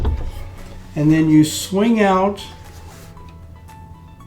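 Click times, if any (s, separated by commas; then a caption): 0.0 s. The folded neck of a Reinecker Mezzo Focus transportable video magnifier is pushed back into its base hinge until it locks upright. A sharp click is heard at 0.05 s as the neck seats into place, and then someone talks.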